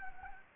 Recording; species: mosquito wingbeat signal from an infrared sensor; Anopheles gambiae